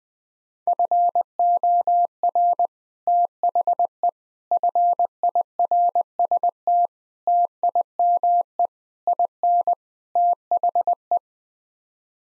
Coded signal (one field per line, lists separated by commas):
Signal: Morse code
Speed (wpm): 20 wpm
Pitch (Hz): 700 Hz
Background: none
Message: FOR THE FIRST TIME IN THE